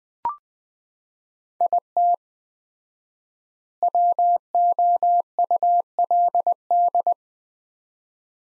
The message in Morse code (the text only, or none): IT WOULD